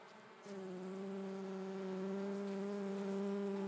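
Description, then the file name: Honey bee buzzing, a steady droning hum that starts abruptly after half a second and holds an even pitch, slowly growing louder. "vcela"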